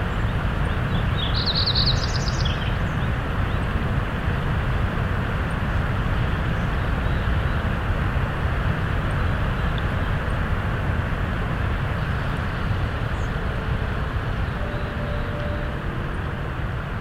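A river rushes in a steady, dense roar strongest in the lows, with a brief high chirp of a bird near two seconds.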